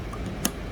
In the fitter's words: twist, and you hear the click.